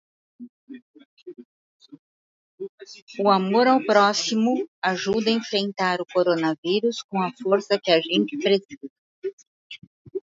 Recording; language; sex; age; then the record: spoken sentence; Brazilian Portuguese; female; 60 to 69 years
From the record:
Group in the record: control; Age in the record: 63 years